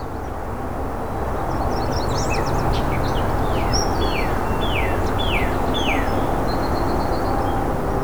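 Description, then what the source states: Field Sparrow song: several clear down-slurred whistles, partly masked by loud, steady traffic rumble. Eastern North America, tall grass prairies and old fields; males often sing from high exposed perches, especially in early morning; song of slow repeated tones accelerating into a near-solid note, like a ping pong ball dropped on a hard surface.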